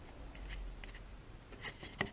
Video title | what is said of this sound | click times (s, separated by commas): 2012 Toyota Sienna Sliding Door Hinge Replacement | They simply slide, snap into place. | 2.0 s